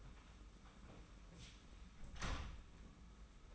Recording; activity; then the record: daily activity, microphone in the room; close door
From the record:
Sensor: 1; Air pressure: 991.6 hPa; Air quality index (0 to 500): 125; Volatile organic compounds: 298 ppm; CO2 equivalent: 4478 ppm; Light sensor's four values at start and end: 33/108/42/43 and 33/108/42/43